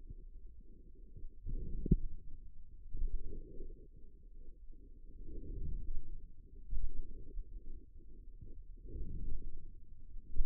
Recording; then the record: forearm muscle sounds (acoustic myography)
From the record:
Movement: outward rotation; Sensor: system 2, bracelet of six BSWA MPA416 microphones around the upper forearm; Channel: 4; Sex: male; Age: 22 years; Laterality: right